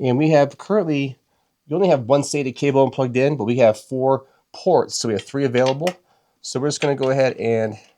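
A SATA data cable is being handled near a free SATA port on a motherboard, with only one of the four ports currently in use. Someone talks throughout, and no snap or click is heard. Nothing has seated or clicked yet.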